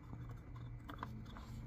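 A plastic sleeve is pushed and rotated into the transmission housing of a BMW X5 E70 4.8i during a transmission malfunction fix, with faint scraping and light handling ticks near 0.9, 1.0 and 1.4 s over a steady low hum. Nothing has seated or clicked yet.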